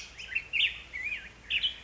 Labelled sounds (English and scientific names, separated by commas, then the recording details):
Black-headed Grosbeak (Pheucticus melanocephalus)
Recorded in Sonoma County, California